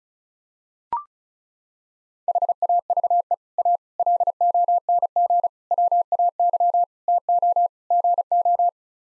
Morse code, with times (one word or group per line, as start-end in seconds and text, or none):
2.3-3.3 HAVE
3.6-3.8 A
4.0-5.5 LONG
5.7-6.8 WAY
7.1-7.7 TO
7.9-8.7 GO